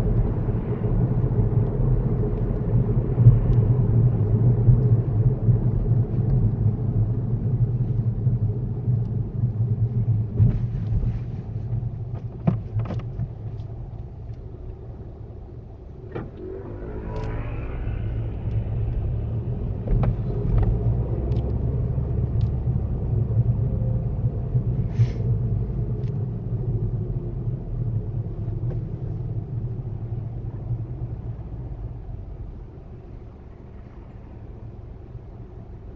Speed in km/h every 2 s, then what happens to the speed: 45, 39, 27, 23, 16, 8, 3, 0, 0, 10, 19, 19, 15, 10, 6, 3, 0, 0.
0-13 slows to 0. 13-17 standing. 17-20 pulls away to 19. 23-31 slows to 0. 31-36 standing.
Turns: none.